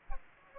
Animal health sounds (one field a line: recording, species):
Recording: mosquito wingbeat signal from an infrared sensor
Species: Aedes aegypti